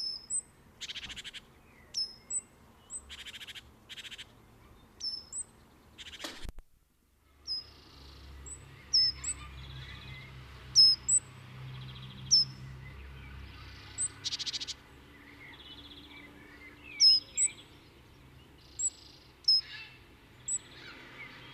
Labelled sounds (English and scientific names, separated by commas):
Great Tit (Parus major) call